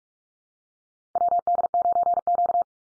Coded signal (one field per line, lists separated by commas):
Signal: Morse code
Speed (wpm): 44 wpm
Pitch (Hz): 700 Hz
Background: none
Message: WD9Q